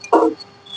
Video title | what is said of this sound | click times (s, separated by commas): 2 Liters Table Top -kovai lakshmi grinders -70944 64175;99522 27235-#coimbatore#machine#manufacturer | கீழ set ஆகும்போது உங்களுக்கு அந்த காடியில ஒரு சின்ன சவுண்ட் வரும் அப்பதான் உங்களுக்கு அந்த ட்ரம் காடில செட் ஆயிருச்சுன்னு ஒரு கிளிக் ஆகும் | 0.1 s